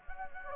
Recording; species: mosquito wingbeat signal from an infrared sensor; Anopheles gambiae